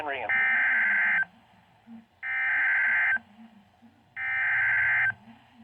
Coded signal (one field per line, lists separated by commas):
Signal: Emergency Alert System (SAME) tones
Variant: header bursts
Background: speech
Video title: DAY ONE - EAS Alerts from 4/15/24 #38-39